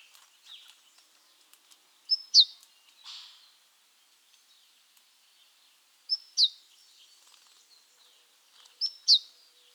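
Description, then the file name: Great tit calls in three bursts, each a high level note followed by a falling note, with a brief buzzy sound after the first burst. "Parus major"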